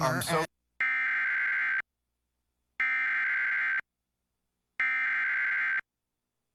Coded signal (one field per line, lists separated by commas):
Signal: Emergency Alert System (SAME) tones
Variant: header bursts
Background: speech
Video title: EAS: Severe Thunderstorm Warning for Tarrant, TX, and Dallas, TX (04/28/2026)